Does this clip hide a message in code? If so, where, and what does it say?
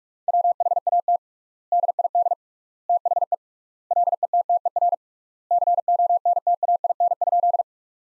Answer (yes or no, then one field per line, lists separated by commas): yes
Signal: Morse code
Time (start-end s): 0.3-7.6 s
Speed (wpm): 42 wpm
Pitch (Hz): 700 Hz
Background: none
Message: WHAT DID THE LETTER CONTAIN?